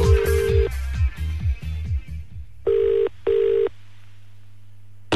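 A telephone is dialed, a steady tone and a quick run of clicking pulses, then the line rings once with a buzzy double burst before settling into a low, quiet hum.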